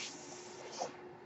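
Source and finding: Home mechanical ventilator. Mechanical ventilator breath.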